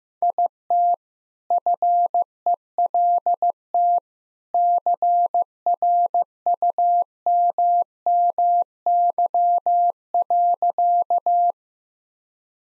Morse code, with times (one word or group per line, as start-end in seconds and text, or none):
0.2-0.9 IT
1.5-4.0 FELT
4.5-11.5 CRUMMY.